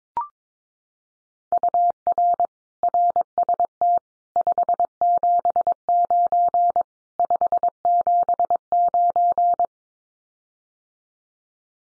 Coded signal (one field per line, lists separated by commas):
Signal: Morse code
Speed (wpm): 22 wpm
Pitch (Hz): 700 Hz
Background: none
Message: UR RST 579 579